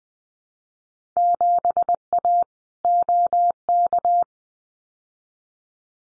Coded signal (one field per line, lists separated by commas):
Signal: Morse code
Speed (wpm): 20 wpm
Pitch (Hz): 700 Hz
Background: none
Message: 7A OK